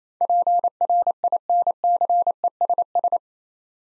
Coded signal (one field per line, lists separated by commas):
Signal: Morse code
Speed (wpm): 28 wpm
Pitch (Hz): 700 Hz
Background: none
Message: PRINCESS